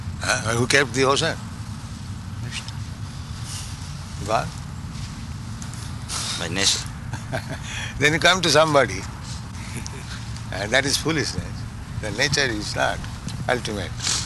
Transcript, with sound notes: And who kept the ocean? You go on.
By nature.
[laughs] Then you come to somebody. And that is foolishness. Then nature is not ultimate.